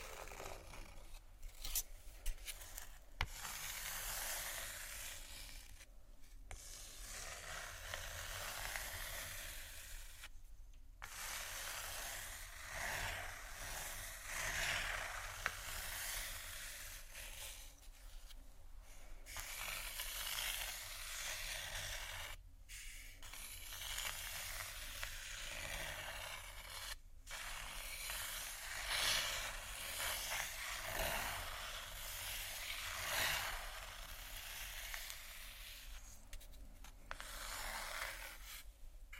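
Soft scratching and crinkling on plastic fill the recording in a dense, steady rasp that stays bright and hissy throughout. Brief quiet gaps break it up every few seconds, near 3, 6, 11, 22 and 27 seconds, with faint tapping mixed into the rubbing textures.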